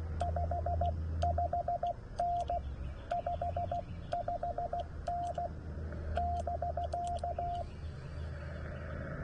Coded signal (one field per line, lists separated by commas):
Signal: Morse code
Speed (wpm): 16 wpm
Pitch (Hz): 700 Hz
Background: radio noise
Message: 55N 55N <BK>